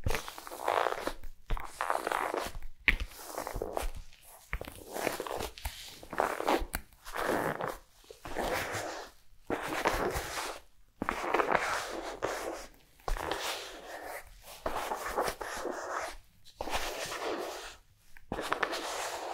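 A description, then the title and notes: Brushing strokes sweep over fabric in repeated bursts, each lasting one to two seconds with brief silent gaps between. The sound is a dry, hissy rustle, bright and fairly dense, with a scratchy, zipper-like texture and a steady, regular rhythm throughout. ASMR Body Brushing Fabric Sounds ( Massage, Tapping, Scratching ).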